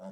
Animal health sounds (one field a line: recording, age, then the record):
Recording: pig call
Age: piglet (1 to 25 days)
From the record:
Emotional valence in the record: negative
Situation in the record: short isolation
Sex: male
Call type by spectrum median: low-frequency call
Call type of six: low-frequency tonal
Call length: 0.12 s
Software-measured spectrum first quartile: 194 Hz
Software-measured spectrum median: 422 Hz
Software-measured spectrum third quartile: 650 Hz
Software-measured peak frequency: 574 Hz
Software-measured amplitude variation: 65 dB a second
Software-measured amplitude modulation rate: 12.2 a second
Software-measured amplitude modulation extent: 5.3 dB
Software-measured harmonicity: 5.2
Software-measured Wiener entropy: -0.21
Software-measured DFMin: 875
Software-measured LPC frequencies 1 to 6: 634, 3154, 4944, 5674, 6368, 7626 Hz